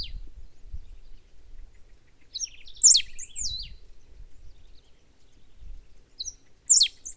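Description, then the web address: Serin giving two bright, high phrases of twisting squeaky notes and short trills, with faint low rumbling noise in between. "Serra finch. صدای-پرنده-سهره-سرا"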